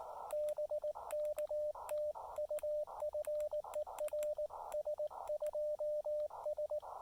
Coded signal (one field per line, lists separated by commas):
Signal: Morse code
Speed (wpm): 18 wpm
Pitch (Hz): 600 Hz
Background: radio noise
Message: BK TU FER S2S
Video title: Activating Elk Knob State Park for SOTA, POTA, and WWFF with 5 watts and the CHA MPAS 2.0